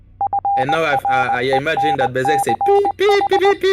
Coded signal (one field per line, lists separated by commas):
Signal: Morse code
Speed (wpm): 20 wpm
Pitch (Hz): 800 Hz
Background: speech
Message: FRENCH